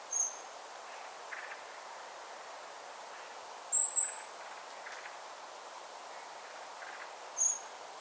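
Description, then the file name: Common blackbird giving a few very high, thin notes, one a quick double note midway, over background hiss. "Turdus merula"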